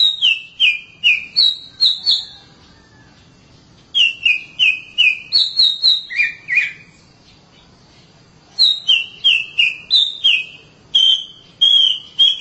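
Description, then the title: Oriental magpie-robin song in three bursts of rapid whistled notes, clicks and down-slurred whistles alternating with higher ones, separated by silent gaps of about one and a half seconds. "Suara Kicauan Burung Kacer"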